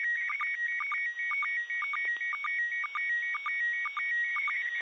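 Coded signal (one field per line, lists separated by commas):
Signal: SSTV (slow-scan television)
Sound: warbling high tones stepping between two pitches, cut by quick regular low blips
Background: radio static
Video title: Pase ISS SSTV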